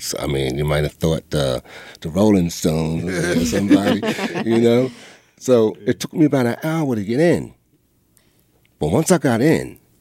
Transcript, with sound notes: I mean, you might have thought the Rolling Stones was in, right? You know? (LAUGHTER) So it took me about an hour to get in. Well, once I got in,